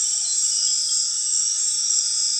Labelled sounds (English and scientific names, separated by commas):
none